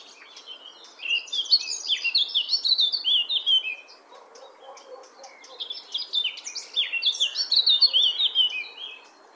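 Eurasian blackcap song in two bursts of fast, tumbling warbled notes, each about three seconds long, separated by a short pause.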